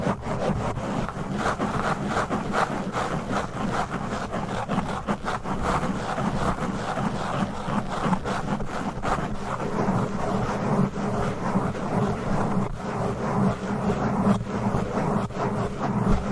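Fast, aggressive scratching on a microphone, a dense continuous rumble of rough rubbing that never lets up across the whole stretch. Quick, irregular scrapes pile onto each other, heavy in the low and middle range with a gritty upper edge, at a steady level throughout.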